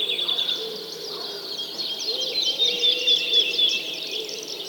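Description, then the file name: Birds singing in a dense chorus of high chirps and trills, with a few lower notes underneath. Many birds singing together. "Digiffects Sound Effects Library - Many Birds Singing"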